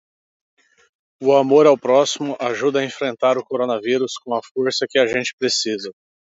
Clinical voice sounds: spoken sentence; Brazilian Portuguese; male; 30 to 39 years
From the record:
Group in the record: control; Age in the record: 33 years

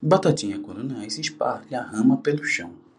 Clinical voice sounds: short text; Brazilian Portuguese; male; 30 to 39 years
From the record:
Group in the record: control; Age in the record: 36 years

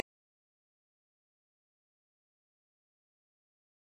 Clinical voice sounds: short text; Brazilian Portuguese; female; 40 to 49 years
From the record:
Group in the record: control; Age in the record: 48 years

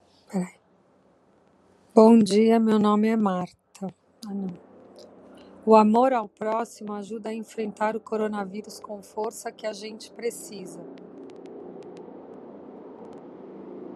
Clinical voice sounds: spoken sentence; Brazilian Portuguese; female; 50 to 59 years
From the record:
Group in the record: control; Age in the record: 56 years

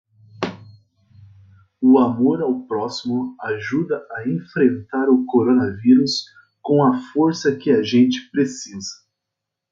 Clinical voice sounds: spoken sentence; Brazilian Portuguese; male; 30 to 39 years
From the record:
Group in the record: control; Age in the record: 33 years

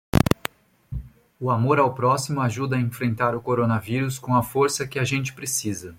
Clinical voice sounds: spoken sentence; Brazilian Portuguese; male; 40 to 49 years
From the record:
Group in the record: control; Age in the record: 43 years

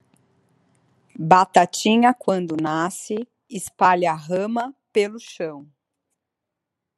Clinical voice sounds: short text; Brazilian Portuguese; female; 30 to 39 years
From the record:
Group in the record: control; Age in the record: 38 years

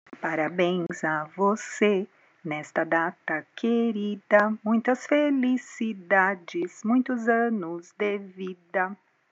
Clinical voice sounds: short text; Brazilian Portuguese; female; 50 to 59 years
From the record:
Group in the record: control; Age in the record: 53 years

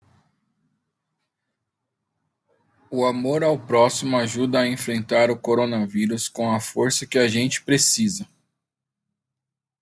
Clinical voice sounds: spoken sentence; Brazilian Portuguese; male; 40 to 49 years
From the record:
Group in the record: control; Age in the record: 43 years

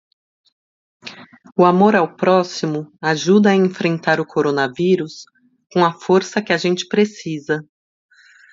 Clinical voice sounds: spoken sentence; Brazilian Portuguese; female; 40 to 49 years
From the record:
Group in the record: control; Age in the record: 40 years

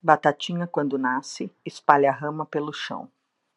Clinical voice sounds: short text; Brazilian Portuguese; female; 50 to 59 years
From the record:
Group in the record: control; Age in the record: 53 years

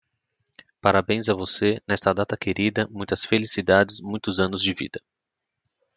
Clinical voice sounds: short text; Brazilian Portuguese; male; 30 to 39 years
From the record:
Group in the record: control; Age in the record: 33 years

